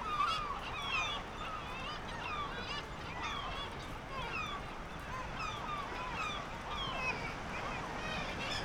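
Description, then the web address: Black-legged kittiwakes calling in a dense chorus, nasal wailing notes overlapping continuously over a steady background roar. "Black legged kittiwake. صدای-پرنده-کاکایی-پاسیاه"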